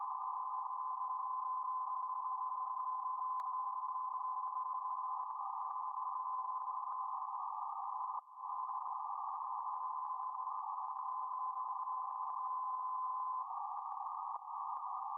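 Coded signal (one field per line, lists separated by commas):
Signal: PSK31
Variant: BPSK31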